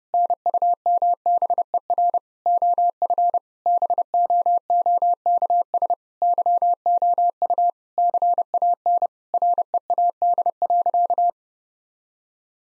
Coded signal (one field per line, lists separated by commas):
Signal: Morse code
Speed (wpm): 28 wpm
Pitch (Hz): 700 Hz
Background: none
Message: NUMBER OF BOOKS YOU CAN READ.